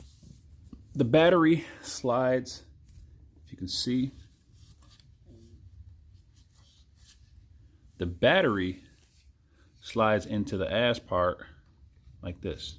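A battery pack for a Potensic D85 GPS brushless RC quadcopter drone is handled in front of its battery bay while someone talks. Only light handling noises are heard under the speech, and the battery has not yet slid into the bay or clicked home.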